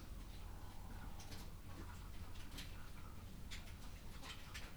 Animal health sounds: poultry house recording; sick chickens (respiratory disease)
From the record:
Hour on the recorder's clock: 11

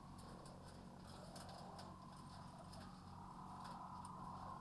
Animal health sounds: poultry house recording; sick chickens (respiratory disease)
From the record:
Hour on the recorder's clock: 20

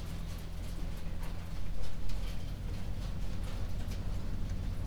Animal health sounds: poultry house recording; no chicken sound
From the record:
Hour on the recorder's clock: 21

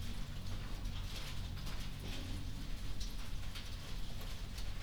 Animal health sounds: poultry house recording; no chicken sound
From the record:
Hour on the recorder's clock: 1

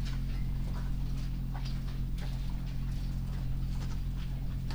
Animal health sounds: poultry house recording; sick chickens (respiratory disease)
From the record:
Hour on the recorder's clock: 21

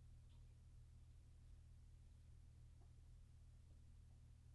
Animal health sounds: poultry house recording; healthy chickens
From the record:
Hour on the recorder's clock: 23

